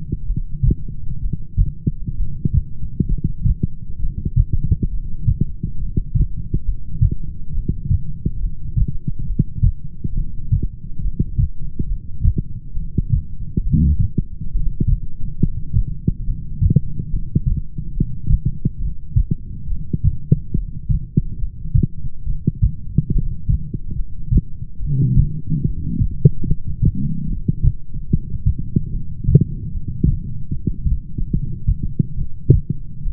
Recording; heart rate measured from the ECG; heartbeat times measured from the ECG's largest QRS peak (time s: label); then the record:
heart sounds by stethoscope; 70 bpm
0.30 s: heartbeat
1.24 s: heartbeat
2.20 s: heartbeat
3.12 s: heartbeat
4.03 s: heartbeat
4.95 s: heartbeat
5.83 s: heartbeat
6.69 s: heartbeat
7.58 s: heartbeat
8.45 s: heartbeat
9.31 s: heartbeat
10.20 s: heartbeat
11.07 s: heartbeat
11.92 s: heartbeat
12.80 s: heartbeat
13.68 s: heartbeat
14.56 s: heartbeat
15.43 s: heartbeat
16.30 s: heartbeat
17.14 s: heartbeat
17.97 s: heartbeat
18.84 s: heartbeat
19.72 s: heartbeat
20.58 s: heartbeat
21.43 s: heartbeat
22.30 s: heartbeat
23.17 s: heartbeat
24.00 s: heartbeat
24.84 s: heartbeat
25.69 s: heartbeat
26.51 s: heartbeat
27.32 s: heartbeat
28.14 s: heartbeat
28.96 s: heartbeat
29.76 s: heartbeat
30.55 s: heartbeat
31.36 s: heartbeat
32.21 s: heartbeat
33.07 s: heartbeat
From the record:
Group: heart failure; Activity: light exercise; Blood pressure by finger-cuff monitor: 143/63 mmHg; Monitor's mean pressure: 87 mmHg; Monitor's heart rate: 69 bpm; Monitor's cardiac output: 8.9 L/min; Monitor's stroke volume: 130 mL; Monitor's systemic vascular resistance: 710 dyn s/cm5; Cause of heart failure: familial cardiomyopathy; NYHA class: 1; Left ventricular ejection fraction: 49%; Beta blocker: bisoprolol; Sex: male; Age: 31 years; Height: 194 cm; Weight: 96 kg